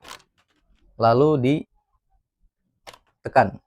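A plastic toy gun controller's magazine is being handled, with the release pressed and the magazine pulled partly out before being pushed back in. Someone talks, and a few brief handling ticks are heard. The clip ends before the magazine goes home, so nothing has seated or clicked yet.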